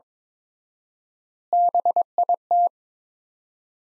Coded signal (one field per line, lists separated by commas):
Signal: Morse code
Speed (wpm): 22 wpm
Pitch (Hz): 700 Hz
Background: none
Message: BIT